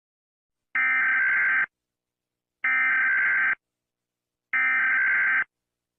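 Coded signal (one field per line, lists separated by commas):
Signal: Emergency Alert System (SAME) tones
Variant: header bursts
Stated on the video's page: Fictional EAS scenario, not a real alert.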